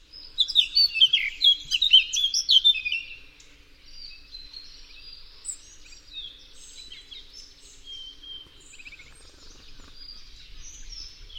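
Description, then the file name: Eurasian blackcap warbling song, a loud run of rapid, chattering and whistled notes for three seconds, then softer, scattered warbled phrases continuing quietly. "Sylvia atricapilla"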